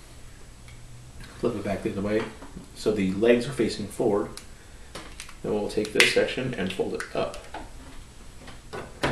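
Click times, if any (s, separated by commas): 9.0 s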